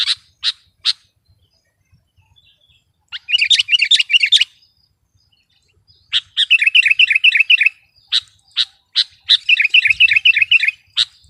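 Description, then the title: Sooty-headed bulbul sounds: sharp single clicks alternating with three rapid chattering bursts of fast, bubbly notes, separated by quiet pauses. "kutilang"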